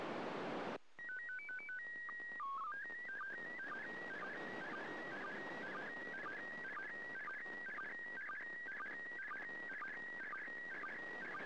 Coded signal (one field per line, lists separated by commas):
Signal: SSTV (slow-scan television)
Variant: PD 120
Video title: 31st First Pass.Slow Scan Television (SSTV) images transmitted from the International Space Station